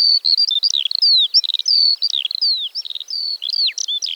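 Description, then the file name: Eurasian skylark song, a rapid unbroken stream of high chirps, trills and slurred whistles, tumbling up and down without pause. "Feldlerche- Alauda arvensis"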